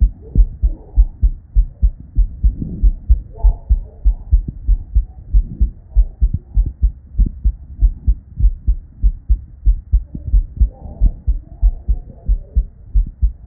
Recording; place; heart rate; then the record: heart sounds by stethoscope; Erb's point; 93 bpm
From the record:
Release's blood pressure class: normal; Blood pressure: 108/57 mmHg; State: at rest